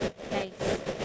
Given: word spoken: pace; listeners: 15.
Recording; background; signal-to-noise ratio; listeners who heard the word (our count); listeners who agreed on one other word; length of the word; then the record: one English word in noise, from a listening test; noise modulated by three-talker babble; -7.4 dB; 1 of 15; 7 of 15; 0.65 s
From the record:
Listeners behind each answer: 7, 2, 1, 1, 1, 1, 1, 1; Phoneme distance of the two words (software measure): 10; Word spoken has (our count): 1 syllable, 3 phonemes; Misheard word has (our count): 1 syllable, 3 phonemes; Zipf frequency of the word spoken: 4.60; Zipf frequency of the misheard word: 5.44